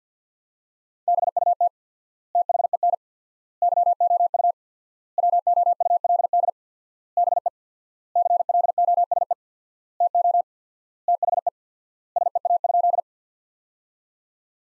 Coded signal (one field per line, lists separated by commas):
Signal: Morse code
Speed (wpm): 47 wpm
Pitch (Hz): 700 Hz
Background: none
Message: BUT THEN YOU WOULD BE CLOSE TO THE SEA?